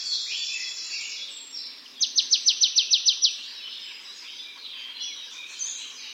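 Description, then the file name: Marsh tit calling with one quick burst of about nine crisp, evenly spaced notes. "Poecile palustris"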